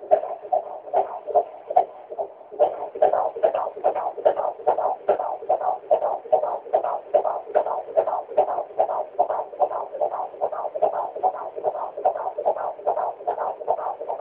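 Fast, steady whooshing pulses at about 146 a minute, with a brief pause near the start. The rhythmic galloping swish is typical of a baby's heartbeat in the womb picked up by an ultrasound Doppler.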